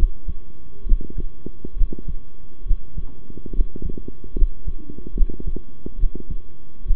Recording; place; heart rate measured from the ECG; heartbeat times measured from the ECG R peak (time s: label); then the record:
heart sounds by stethoscope; between the tricuspid and mitral areas; 70 bpm
0.85 s: heartbeat
1.76 s: heartbeat
2.65 s: heartbeat
3.53 s: heartbeat
4.35 s: heartbeat
5.14 s: heartbeat
5.98 s: heartbeat
6.85 s: heartbeat
From the record:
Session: rest, sitting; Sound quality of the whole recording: good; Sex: male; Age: 23 years